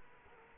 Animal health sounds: mosquito wingbeat signal from an infrared sensor; Culex quinquefasciatus

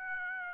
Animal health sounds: mosquito wingbeat signal from an infrared sensor; Aedes aegypti

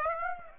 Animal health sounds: mosquito wingbeat signal from an infrared sensor; Aedes aegypti

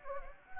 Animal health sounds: mosquito wingbeat signal from an infrared sensor; Anopheles gambiae

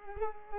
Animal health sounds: mosquito wingbeat signal from an infrared sensor; Culex pipiens

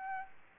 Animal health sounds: mosquito wingbeat signal from an infrared sensor; Aedes albopictus

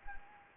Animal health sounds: mosquito wingbeat signal from an infrared sensor; Anopheles gambiae

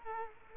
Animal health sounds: mosquito wingbeat signal from an infrared sensor; Culex quinquefasciatus

